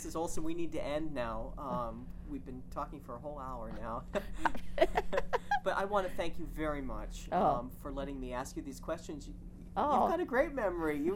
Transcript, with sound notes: Olsen, we need to end now. We've been talking for al whole hour now. ( they laugh ) But I want to thank you very much for letting me ask you these questions. You've got a great memory.